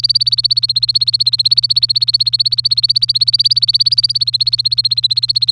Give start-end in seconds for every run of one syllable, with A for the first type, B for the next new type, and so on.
0.00-5.51 A